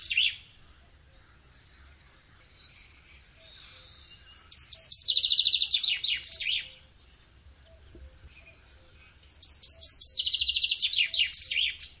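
Bird singing two similar bursts about five seconds apart, each a rapid run of high chirps and buzzy trills, over faint low background noise.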